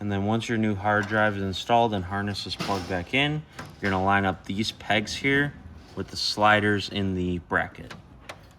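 A replacement hard drive on its metal bracket, with its harness plugged back in, is being lined up by its pegs with the slider rails in the drive mount of a Xerox VersaLink C70xx copier while someone talks. A brief faint tap is heard at 8.3 s, but nothing has seated or clicked yet.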